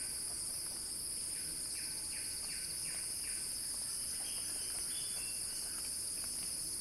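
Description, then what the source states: Continuous shrill cicada drone, with a run of short rhythmic chirps repeating about three times a second in the middle. Cicada song building in a crescendo.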